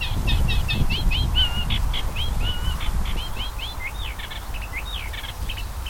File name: Sedgewarbler